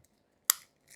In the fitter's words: turn it and it locks into place never had one that's new to me